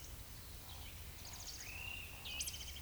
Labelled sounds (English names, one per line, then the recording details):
Eurasian Woodcock whistle
Eurasian Woodcock croak
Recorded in Baden-Württemberg, Germany, on 10 May 2021 at 19:20 UTC
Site 24606, 635 m above sea level